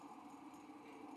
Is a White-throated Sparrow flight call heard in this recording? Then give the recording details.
no. No flight call is heard. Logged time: 02:49 on 5 December 2014